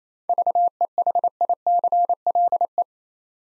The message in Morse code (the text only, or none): VEHICLE